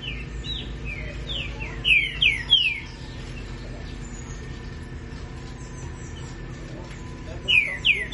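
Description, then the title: Green-winged saltator song: bursts of loud, descending slurred whistles in quick succession, a silent gap, then a fresh burst near the end over a steady low hum. "Canto De Trinca Ferro"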